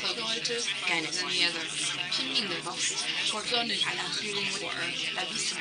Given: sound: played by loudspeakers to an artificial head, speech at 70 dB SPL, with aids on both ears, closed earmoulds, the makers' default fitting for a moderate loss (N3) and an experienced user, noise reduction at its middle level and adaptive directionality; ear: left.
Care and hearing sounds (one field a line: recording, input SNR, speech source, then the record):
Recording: speech test signal (ISTS) in cocktail-party noise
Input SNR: +3 dB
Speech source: on the right (90 degrees)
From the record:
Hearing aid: class 2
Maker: A